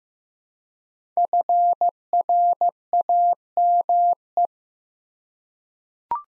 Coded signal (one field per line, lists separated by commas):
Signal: Morse code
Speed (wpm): 15 wpm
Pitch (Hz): 700 Hz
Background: none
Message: FRAME